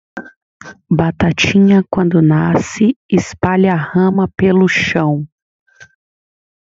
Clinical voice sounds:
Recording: short text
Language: Brazilian Portuguese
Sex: female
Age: 20 to 29 years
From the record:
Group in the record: control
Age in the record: 24 years

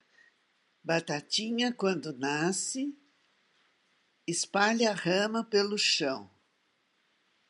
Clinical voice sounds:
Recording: short text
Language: Brazilian Portuguese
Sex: female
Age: 70 to 79 years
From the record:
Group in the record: control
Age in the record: 78 years

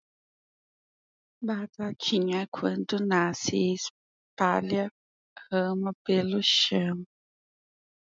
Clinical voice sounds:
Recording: short text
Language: Brazilian Portuguese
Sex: female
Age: 30 to 39 years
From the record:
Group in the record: control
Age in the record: 37 years

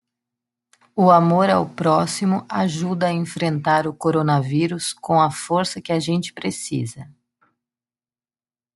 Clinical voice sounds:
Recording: spoken sentence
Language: Brazilian Portuguese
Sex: female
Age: 40 to 49 years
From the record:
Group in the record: control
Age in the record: 47 years

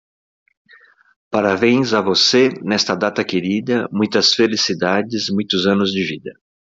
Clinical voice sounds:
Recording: short text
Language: Brazilian Portuguese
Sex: male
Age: 50 to 59 years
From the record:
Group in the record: control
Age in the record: 56 years

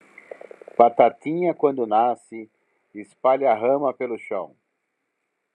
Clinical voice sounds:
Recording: short text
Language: Brazilian Portuguese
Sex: male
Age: 50 to 59 years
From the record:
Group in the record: control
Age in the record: 52 years

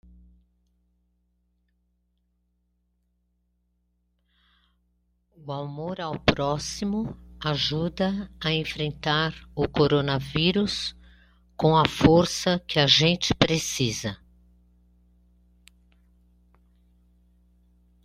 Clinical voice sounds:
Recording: spoken sentence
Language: Brazilian Portuguese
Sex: female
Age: 60 to 69 years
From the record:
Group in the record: control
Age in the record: 66 years

